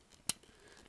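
A plastic part of a transforming action figure is pushed into its slot on the figure, giving a single sharp plastic click at 0.3 s as it locks in place. Faint ticks come before and after against a quiet background.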